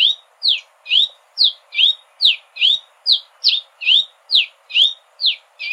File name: canto do cardeal da amazonia